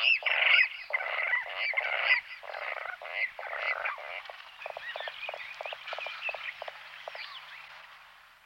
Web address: fugle stemmer. Vandrikse